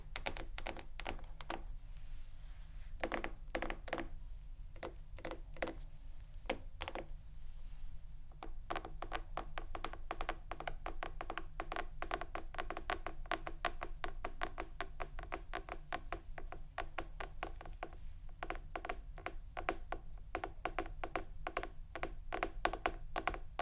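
Crisp tapping triggers come in quick irregular bursts over a steady low hum, growing denser and faster after about ten seconds.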